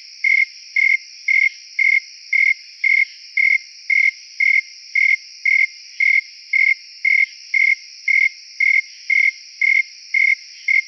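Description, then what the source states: Snowy tree cricket giving evenly spaced clear chirps, roughly two per second throughout, with a steady high insect drone behind them. Recorded at Montford at 68 degrees, dated 8-28-09.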